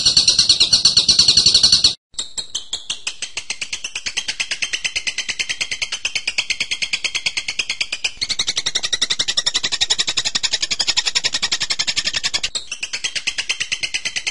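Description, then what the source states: Bird song: continuous rapid high-pitched pulsed chatter, shifting slightly in pitch, with a brief break near the start. Masteran recording used to train birds.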